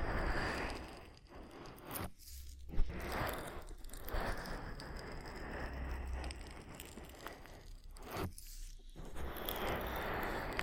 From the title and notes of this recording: ASMR Oil Ear Massage for Deep Relaxation (No Talking).